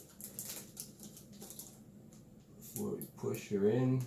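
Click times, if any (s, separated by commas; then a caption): none. A Corsair 16GB DDR4 2666MHz RAM stick is lined up with the DIMM slot key on an H370M D3H motherboard for dual channel, before being pushed in. Only small handling taps are heard while someone talks, with no latch snap. Nothing has seated or clicked yet.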